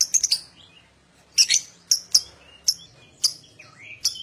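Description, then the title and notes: Lovebird chirping: short, piercing high notes in small clusters with brief soft twitters between. Adult lovebird, gacor (in full, steady song), owor owor style. "LOVEBIRD GACOR OWOR OWOR. Lovebird Dewasa"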